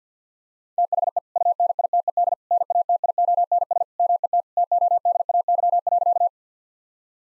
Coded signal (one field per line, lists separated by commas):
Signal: Morse code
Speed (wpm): 50 wpm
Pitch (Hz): 700 Hz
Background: none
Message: THE UNITED NATIONS MET TODAY.